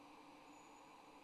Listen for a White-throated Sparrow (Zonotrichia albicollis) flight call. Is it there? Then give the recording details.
no. No flight call is heard. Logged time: 08:09 on 25 November 2014